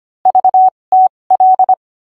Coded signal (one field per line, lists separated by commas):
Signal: Morse code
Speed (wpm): 25 wpm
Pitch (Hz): 750 Hz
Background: none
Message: VTL